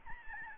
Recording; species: mosquito wingbeat signal from an infrared sensor; Aedes albopictus